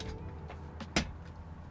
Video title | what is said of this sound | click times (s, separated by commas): Building Camp Nou - FC Barcelona LEGO Set! (10284) - Part 4 | Oh, did you hear the click? | 1.0 s